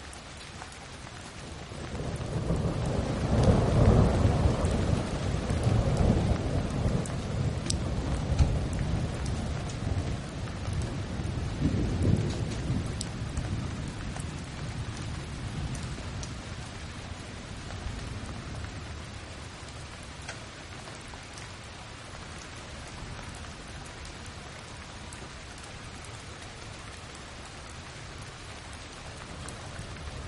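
Thunder rolls in around two seconds, a deep rumble that peaks near four seconds and swells again near twelve before slowly fading into the distance. Steady rain hisses underneath throughout, dense and even, with the low rumble settling into a soft background murmur.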